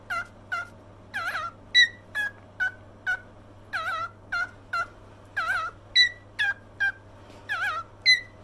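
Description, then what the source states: Cockatiel calls: many short, harmonic chirped notes at uneven intervals, some with a wavering tone, over a steady low hum. Several cockatiels, singing with whistling.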